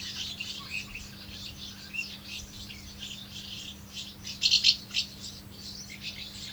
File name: molnárfecske-hangja